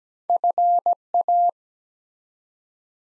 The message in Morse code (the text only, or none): FA